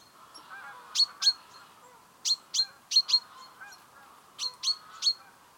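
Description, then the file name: Great tit calls: sharp clipped notes in pairs, three pair groups plus a closing triple, over a faint background hum. "Parus major"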